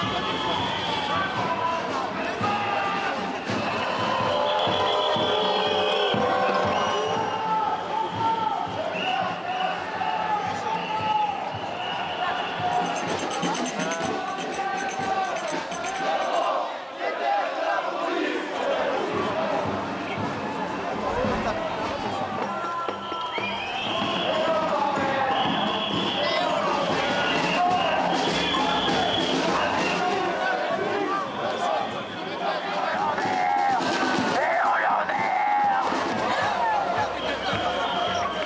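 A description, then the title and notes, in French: A dense, steady din of a street protest crowd, with many overlapping voices, some shouts and sharp thumps against a constant chatter. Les Gilets jaunes manifestent à Paris. Des Gilets jaunes ont manifesté à Paris contre la politique d’Emmanuel Macron.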